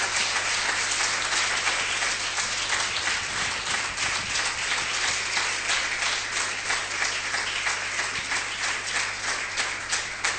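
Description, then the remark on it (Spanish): A church audience bursts into sustained applause for God, many hands clapping in a dense, steady roar that holds loud and even for the full stretch, with no voices standing out. “Damos gloria a Dios por esto y vamos a dar un aplauso a Dios.”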